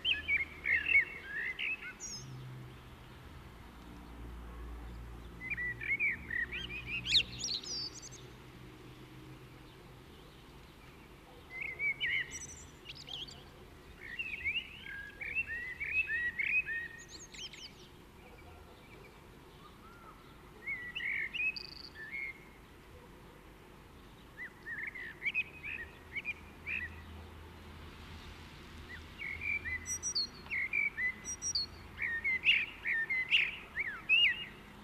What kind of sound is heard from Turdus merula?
song